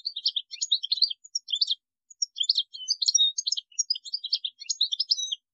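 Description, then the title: European goldfinch song, a fast, continuous liquid twitter of high chirps and trills with only brief pauses. "Chant Chardonneret"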